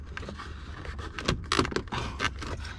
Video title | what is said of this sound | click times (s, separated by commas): UN FREIN A MAIN HYDRAULIQUE SUR LA E36 !! | Voilà, et donc là c'est clipsé. Il faudra juste que je le reclipse un peu mieux. | 1.5 s